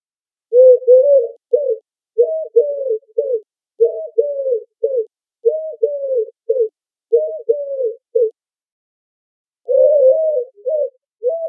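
Eurasian collared dove giving low three-part coos in an even series, each phrase about a second long, with a brief gap before the final phrases.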